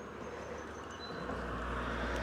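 A rubber spark plug wire boot is being handled by hand to push it onto the ignition coil terminal of a Suburban, Yukon, Denali or Tahoe during a P0300 random misfire repair. Only a steady broadband hiss with a low rumble is heard, growing slightly louder and fuller in the low end from about 1.3 s. Nothing has seated or clicked yet.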